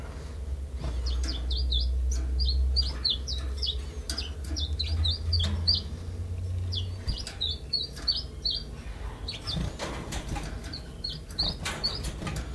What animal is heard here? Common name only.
Common Chiffchaff